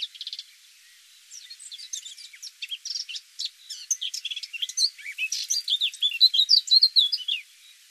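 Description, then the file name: Eurasian blackcap song: a short opening burst, then a long, rapid run of jumbled chattering and warbled notes that grows louder toward the end. "Sylvia atricapilla"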